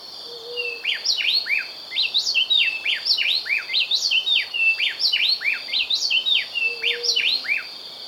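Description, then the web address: Speckle-breasted wren song, a continuous rapid run of bright, looping whistled notes repeated throughout, with a high insect drone beneath. Recorded in Ecuador. "Birds of Ecuador Speckle-breasted Wren"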